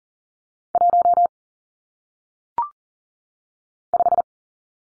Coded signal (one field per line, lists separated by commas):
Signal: Morse code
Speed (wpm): 38 wpm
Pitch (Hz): 700 Hz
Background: none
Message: 1 5